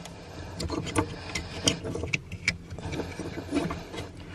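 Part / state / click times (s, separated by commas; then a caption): throttle pedal adapter connector into vehicle pedal wiring harness / not seated / none. The female connector of a Madness Autoworks Go Pedal Plus throttle pedal module is handled near the pedal wiring harness connector of an Alfa Romeo 4C. Short plastic taps and rattles stand out over a low steady background hum, the sharpest near 1.7, 2.1 and 2.5 s. The connector has not seated or clicked in yet.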